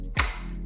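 A training wheel bracket on a Huffy children's bike is slid through its rear mount and its two tabs are pinched until it snaps into place. A single sharp, bright click at 0.2 s rings out briefly over a low steady hum. The training wheel is seated in the frame and ready to go.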